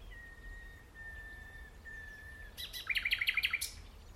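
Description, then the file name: Common nightingale song: long, soft, level whistles repeated several times, then a sudden burst of rapid, loud, rhythmic clicking notes. "Luscinia megarhynchos"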